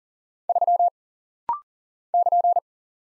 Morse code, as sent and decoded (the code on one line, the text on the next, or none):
...-- / -.--.
3 <KN>